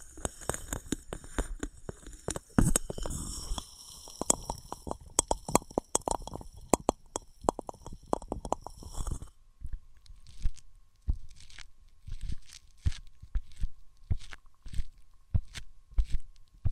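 Objects of wood, cork, sponge, foam, glass and plastic rub and tap in dense crackly bursts, then sparser sharp knocks after nine seconds.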